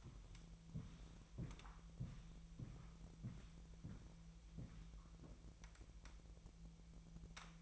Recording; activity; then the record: daily activity, microphone in the room; walk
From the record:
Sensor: 1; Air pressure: 1002.1 hPa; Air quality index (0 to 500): 234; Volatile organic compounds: 87 ppm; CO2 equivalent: 3662 ppm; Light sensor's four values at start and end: 8/18/7/8 and 8/19/8/9